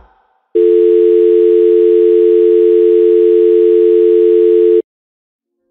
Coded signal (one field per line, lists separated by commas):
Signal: telephone call progress tone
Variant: North America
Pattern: dial tone